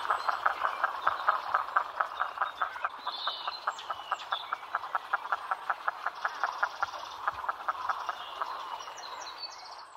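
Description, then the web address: Common merganser calls, a long steady run of harsh croaks. "Uzbek hayvonlar. Mergus merganser"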